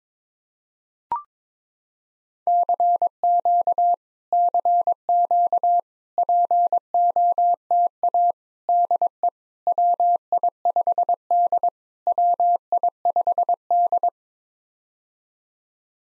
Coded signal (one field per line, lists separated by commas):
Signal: Morse code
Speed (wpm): 22 wpm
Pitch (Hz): 700 Hz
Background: none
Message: CQ CQ POTA DE WI5D WI5D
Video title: POTA QSO Practice - 22wpm